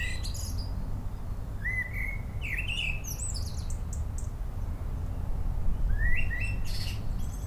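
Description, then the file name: Common blackbird singing: mellow rising whistled phrases followed by high scratchy flourishes, a pause, then another phrase, with background rumble. "Turdus merula - Common Blackbird"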